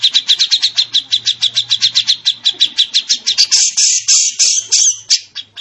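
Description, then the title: Bird song: a fast series of sharp, high chirped notes, merging near the end into a denser, buzzier rattle before fading. Complete masteran (training) bird song. "masteran lengkapp"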